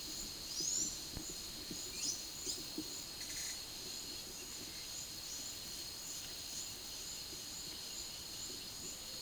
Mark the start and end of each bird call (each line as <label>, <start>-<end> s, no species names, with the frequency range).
bird call (4.3-8.1 kHz), 0.39-1.04 s